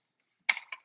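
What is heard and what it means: The supplied black-handled torque tool tightens a Thule roof rack foot fastener on a 2014–2021 Mitsubishi Outlander 5-door SUV with flush side rails. A sharp click at 0.5 s marks the fastener reaching the full 4 newton meters, followed by a softer tick at about 0.6 s and another at 0.7 s. The fastener is confirmed fully tightened to 4 Nm.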